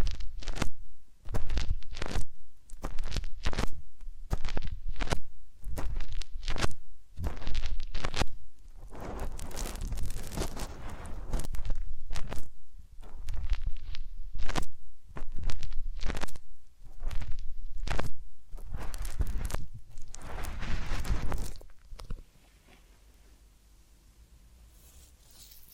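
Massage and ear cleaning sounds: a steady run of rubbing and scratchy brushing strokes, repeating quickly, about one or two each second, with deep soft thumps underneath. Around 22 seconds the strokes stop, leaving only a faint hiss.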